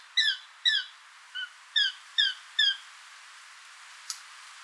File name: Garrulus glandarius